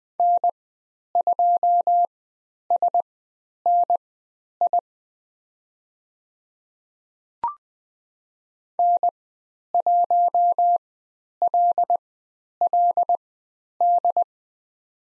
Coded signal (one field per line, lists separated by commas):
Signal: Morse code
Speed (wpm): 20 wpm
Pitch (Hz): 700 Hz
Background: none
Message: N2SNI N1LLD